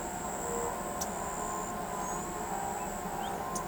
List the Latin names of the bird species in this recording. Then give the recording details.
Colinus cristatus. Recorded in pastures near Pivijay, Magdalena, Colombia, on 13 April 2023 at 06:00. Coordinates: 10.456, -74.369. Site P6-G026